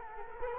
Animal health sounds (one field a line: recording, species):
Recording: mosquito wingbeat signal from an infrared sensor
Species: Culex quinquefasciatus